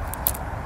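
A metal clasp on an Apple Watch strap is released by pressing its two release buttons at the same time. Sharp clicks sound at 0.1 s, 0.3 s and 0.3 s, the loudest at 0.3 s, over a low steady background. The clasp comes undone from its catch.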